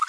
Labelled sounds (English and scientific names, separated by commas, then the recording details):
Green-rumped Parrotlet (Forpus passerinus) babbling
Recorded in a nest box in Venezuela
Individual 18B25A3